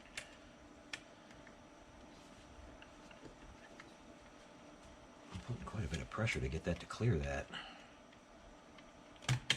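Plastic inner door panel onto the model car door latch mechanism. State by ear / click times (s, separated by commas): seated / 9.5 s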